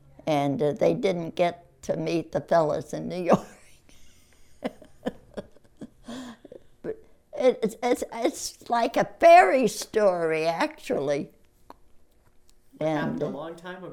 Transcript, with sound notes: and they didn't get to meet the fellows in New York. (Laughs) It's — it's — it's like a fairy story, actually.
It happened a long time ago.